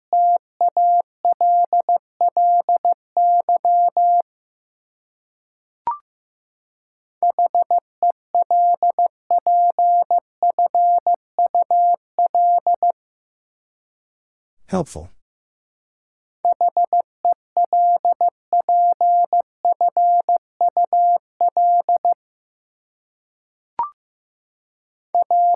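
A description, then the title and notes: Morse code tapped out as a steady mid-pitched tone in short and long beeps, sent in three quick bursts separated by pauses of silence. A sharp click sounds in each gap, and a brief rough crackle cuts in around the middle. Seven Letter Words - 15wpm. First, the word is sent in Morse code.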